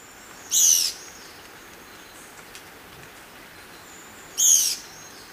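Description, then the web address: Esmeraldas antbird calling with two brief, rasping, buzzy notes nearly four seconds apart over a quiet background. Ecuador. "Birds of Ecuador. Esmeraldas Antbird"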